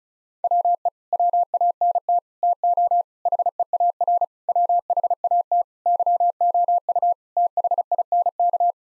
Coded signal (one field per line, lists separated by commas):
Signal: Morse code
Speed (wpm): 34 wpm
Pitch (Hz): 700 Hz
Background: none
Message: WE WANT TO HEAR WHAT YOU THINK